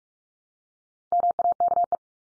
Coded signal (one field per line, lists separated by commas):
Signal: Morse code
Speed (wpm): 44 wpm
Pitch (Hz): 700 Hz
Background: none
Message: MAKE